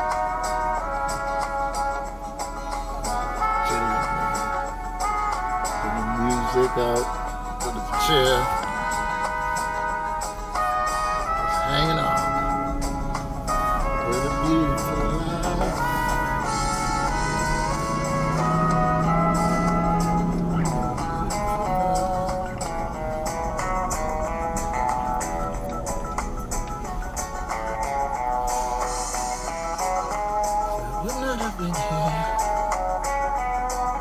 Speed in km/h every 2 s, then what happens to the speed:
0, 0, 0, 0, 0, 2, 5, 11, 16, 19, 21, 21, 19, 16, 6, 0, 0.
0-10 standing. 10-22 pulls away to 21. 22-29 slows to 0. 29-34 standing.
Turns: none.